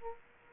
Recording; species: mosquito wingbeat signal from an infrared sensor; Aedes aegypti